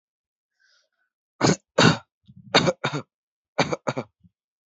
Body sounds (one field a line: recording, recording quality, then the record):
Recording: shallow voluntary cough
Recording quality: excellent, no background noise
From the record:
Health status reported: healthy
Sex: male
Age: 25 years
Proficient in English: yes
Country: India